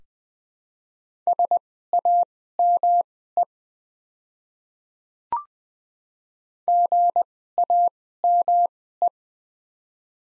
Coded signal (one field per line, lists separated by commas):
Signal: Morse code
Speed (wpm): 20 wpm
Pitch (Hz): 700 Hz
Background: none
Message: SAME GAME